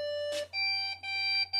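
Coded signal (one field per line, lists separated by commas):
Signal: beep code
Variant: PC BIOS beep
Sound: buzzy electronic beeps, about three shown, each roughly 0.4 s with brief gaps, plus one noise burst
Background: small room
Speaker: नई स्क्रीन पर कुछ है और नहीं कीबोर्ड पर कुछ है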